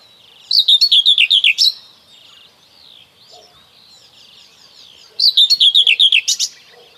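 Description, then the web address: Common whitethroat song: two brisk phrases of repeated, scratchy, downslurred notes, separated by a few seconds of faint twittering. "Kurs PTTK Przyroda Ptaki Cierniówka"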